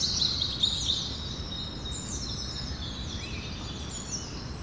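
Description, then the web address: Bird twittering opens with a brief burst of high chirps, then thinner whistles continue quietly over a constant low background rumble. Birds recorded in the evening. "Birds, Insects Animals Birds evening"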